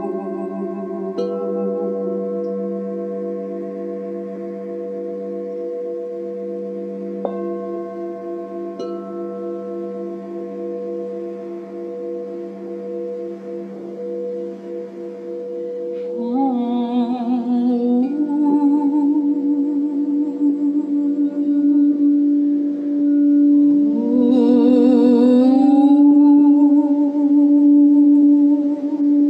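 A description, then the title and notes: Crystal singing bowls hum in long, steady tones that overlap and sustain throughout. Around sixteen and again near twenty-four seconds, new bowls swell in with a rising, wavering pitch before settling, making the sound fuller and a bit louder toward the end. Singing Bowl Meditation w/ Debra Koff-Chapin IAM Winter Symposium 2020. Debra Koff-Chapin gives us a beautiful crystal bowl meditation.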